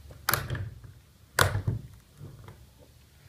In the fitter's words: these clicks are positions where the window will rest